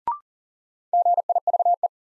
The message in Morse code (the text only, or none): GIVE